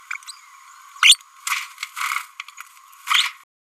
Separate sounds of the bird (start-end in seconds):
0.10-0.13, 0.27-0.32, 1.01-1.18, 3.06-3.29